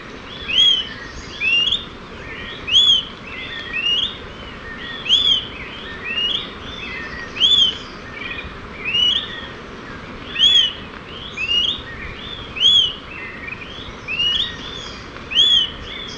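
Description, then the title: Smoke-colored pewee calls: many short upslurred whistled notes, with softer overlapping notes, over a constant broad rushing background noise. Subspecies ardosiacus. "LuckyPassaro. Smoke-colored Pewee (Contopus fumigatus ardosiacus)"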